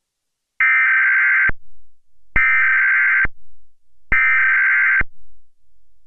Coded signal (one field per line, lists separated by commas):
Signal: Emergency Alert System (SAME) tones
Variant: header bursts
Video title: EAS scenario - Jupiter Collision